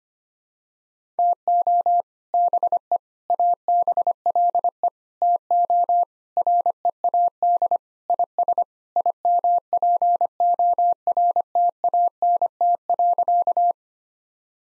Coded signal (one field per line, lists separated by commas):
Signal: Morse code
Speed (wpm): 25 wpm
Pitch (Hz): 700 Hz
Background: none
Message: TO BE ABLE TO READ IS IMPORTANT.